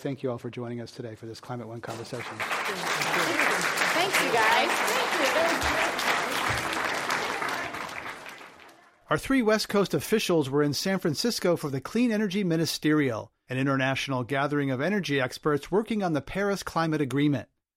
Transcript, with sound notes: Thank you all for joining us today for this Climate One conversation.
[Applause]
Our three west coast officials were in San Francisco for the Clean Energy Ministerial, an international gathering of energy experts working on implementing the Paris climate agreement.